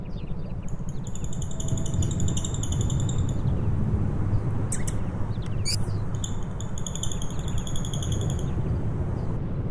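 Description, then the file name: Lovebird chattering in fast bursts of thin, repeated chirps, broken by a few sharp louder squeaks midway, with a heavy low rumble underneath. "audio terapi lovebird"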